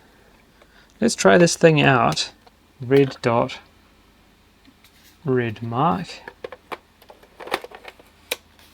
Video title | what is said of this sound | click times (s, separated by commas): EW0201 - National WVP-F10 Video Camera Teardown | Clicks into place. | 8.3 s